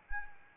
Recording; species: mosquito wingbeat signal from an infrared sensor; Anopheles arabiensis